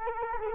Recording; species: mosquito wingbeat signal from an infrared sensor; Culex quinquefasciatus